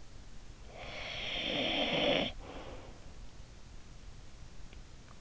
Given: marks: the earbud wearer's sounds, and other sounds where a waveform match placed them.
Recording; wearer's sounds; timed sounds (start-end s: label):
sounds in sleep by an in-ear microphone; snoring breath
0.00-3.17 s: snoring breath